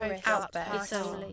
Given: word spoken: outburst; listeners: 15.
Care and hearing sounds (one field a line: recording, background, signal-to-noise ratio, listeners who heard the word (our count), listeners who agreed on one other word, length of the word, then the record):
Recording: one English word in noise, from a listening test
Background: four-talker babble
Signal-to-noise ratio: 0.4 dB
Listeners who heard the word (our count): 0 of 15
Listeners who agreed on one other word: 6 of 15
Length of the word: 0.93 s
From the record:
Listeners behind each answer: 6, 2, 2, 1, 1, 1, 1, 1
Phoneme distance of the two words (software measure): 28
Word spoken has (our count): 2 syllables, 6 phonemes, stress on syllable 1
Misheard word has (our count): 1 syllable, 2 phonemes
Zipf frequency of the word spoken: 3.03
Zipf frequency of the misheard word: 6.48